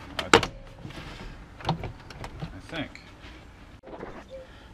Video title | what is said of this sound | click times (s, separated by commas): Type S LED light install - 2016 Toyota Tacoma | okay now there wasn't anything low holding it on I just forgot there's a couple pins that just kind of get snapped into place that I just wasn't being forceful enough to take off so | 0.3 s